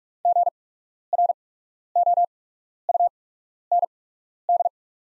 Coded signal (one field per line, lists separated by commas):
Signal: Morse code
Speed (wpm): 44 wpm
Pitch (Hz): 700 Hz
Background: none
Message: GROUND